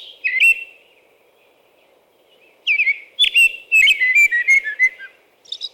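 American robin singing clear, warbled whistled phrases, a lone phrase then a pause followed by a rapid string of caroling notes, with a faint low hum underneath.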